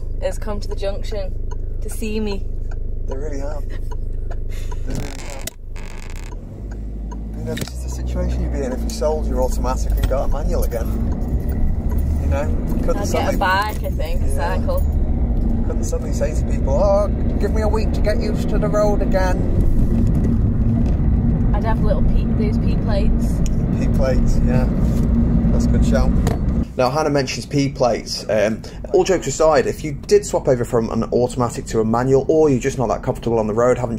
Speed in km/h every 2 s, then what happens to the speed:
0, 0, 0, 5, 16, 26, 26, 35, 45, 44, 50, 53, 56, 53, 55, 53, 55.
0-5 standing. 5-24 pulls away to 56. 24-34 steady at about 55.